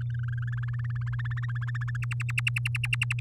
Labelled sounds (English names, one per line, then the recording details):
Domestic Canary song
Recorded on 7 May 2018 at 13:38
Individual llb16